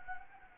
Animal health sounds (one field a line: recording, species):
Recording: mosquito wingbeat signal from an infrared sensor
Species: Anopheles gambiae